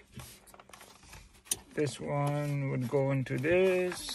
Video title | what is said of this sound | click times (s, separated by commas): 2010-2014 MUSTANG GT TESLA SCREEN 12.1" FULL INSTALL ( PHOENIX AUTOMOTIVE ) | clip in club man until you hear a click | 1.5 s